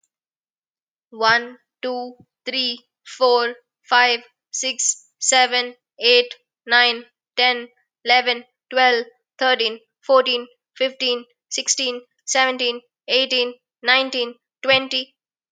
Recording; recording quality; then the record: counting at a normal pace; excellent, no background noise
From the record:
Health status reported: healthy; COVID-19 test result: negative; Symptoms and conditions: cough, cold, fever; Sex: female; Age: 29 years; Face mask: not worn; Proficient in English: yes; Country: India